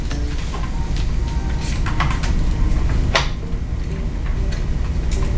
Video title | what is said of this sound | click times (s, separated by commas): DREAM PC BUILD! 5950X and 3080 VISION in an ALL WHITE LIAN LI! | you'll hear similar click to kind of like our ram sticks | 3.2 s